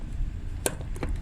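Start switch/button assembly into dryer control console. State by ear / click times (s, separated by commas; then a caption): seated / 0.7 s. A start switch or button assembly is pushed by hand into the control console panel of a Maytag Bravo dryer that won't start. A sharp, loud, short snap at 0.7 s shows it seating, followed by two fainter ticks near 1.0 s over a low background hum.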